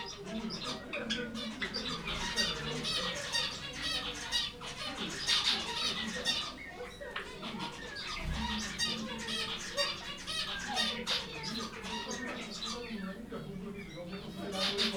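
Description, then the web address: Zebra finch calls from several birds: a dense, continuous chatter of nasal, trumpet-like beeps overlapping throughout. Captive finches in a zoo at Jászberény, recorded in 2015; several birds flying about. "jaszberenyizoo 2015 zebrapinty pintyek repkedegygalambis"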